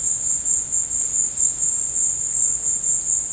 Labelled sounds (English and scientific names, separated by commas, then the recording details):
none
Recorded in dense forest near Puerto Asís, Putumayo, Colombia, on 22 December 2024 at 14:30
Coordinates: 0.481, -76.323
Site G100